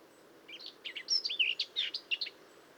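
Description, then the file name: Eurasian blackcap giving a short burst of varied warbled and scratchy notes over low background noise. "Sylvia atricapilla"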